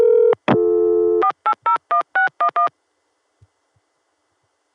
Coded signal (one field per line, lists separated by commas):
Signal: DTMF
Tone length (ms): 100 ms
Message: 4801611